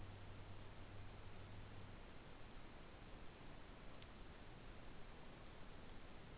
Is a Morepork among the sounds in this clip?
no